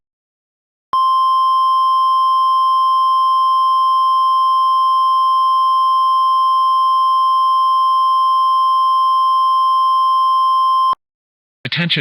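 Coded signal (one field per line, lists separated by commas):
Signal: Emergency Alert System (SAME) tones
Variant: 1050 Hz attention tone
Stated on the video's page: Fictional, simulated EAS tornado scenario.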